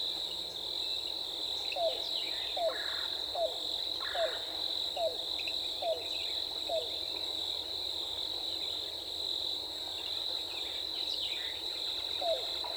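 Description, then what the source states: Yellow-billed cuckoo calling, a run of short hooked notes repeated under a second apart, over a steady high insect drone with occasional buzzy bursts from other callers. Recorded 14 April 2018.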